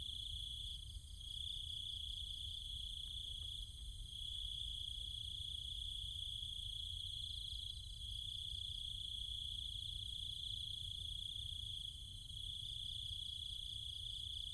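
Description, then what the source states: Cicada-type insect chorus keeps up a continuous high buzz, with rhythmic pulsed trills layered on top and a low background hum. Cicadas and other insects, at night, in trees and fields in the countryside of Chiang Mai, Thailand.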